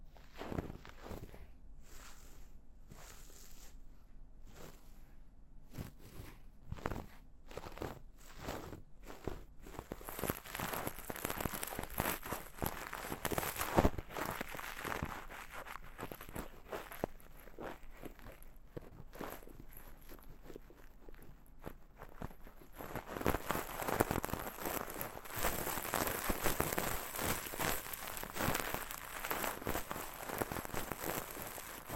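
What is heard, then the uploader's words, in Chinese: Ear cleaning with an ear pick, a fluffy bonten and horsehair. Sparse, separate scratchy clicks open the first ten seconds, then give way to dense, continuous rustling and brushing that grows louder after about 23 seconds. A faint, thin high whine runs underneath throughout. ASMR×KU100。掏耳．梵天．馬尾絲。Deep Ear Cleaning。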